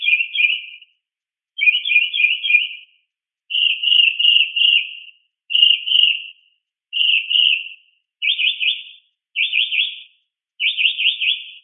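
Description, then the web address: Mockingbird calls: harsh warbled phrases repeated several times, ending with three rapid trilled phrases; a quiet background with no other sounds. "SFXSource. Mocking Bird Multi"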